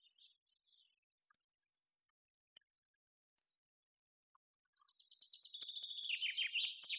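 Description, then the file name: Common chaffinch song: a few soft scattered notes, then a loud rapid series of sharp chirps filling the end. "Fringilla coelebs"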